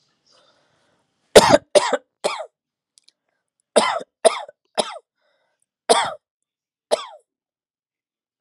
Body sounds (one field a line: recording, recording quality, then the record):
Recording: heavy voluntary cough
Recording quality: excellent, no background noise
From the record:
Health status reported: healthy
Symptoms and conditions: none ticked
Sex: male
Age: 45 years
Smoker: not ticked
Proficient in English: yes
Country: United States